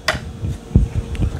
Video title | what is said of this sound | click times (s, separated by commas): Lightning Build of a Fully Operational Trafalgar Class RC Submarine! | click and click it's as easy as that | 0.8 s, 1.2 s